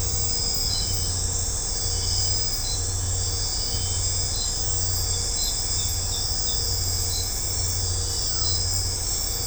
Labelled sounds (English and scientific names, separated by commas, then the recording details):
none
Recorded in secondary vegetation near Puerto Asís, Putumayo, Colombia, on 20 December 2024 at 21:30
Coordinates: 0.502, -76.326
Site G028